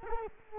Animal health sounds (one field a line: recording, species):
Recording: mosquito wingbeat signal from an infrared sensor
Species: Culex quinquefasciatus